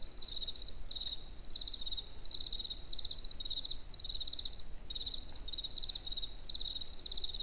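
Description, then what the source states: Cricket giving high, rapid pulsed chirps in steady runs with brief pauses, over a faint low background rumble. Recorded in nature near the Eger tourist house.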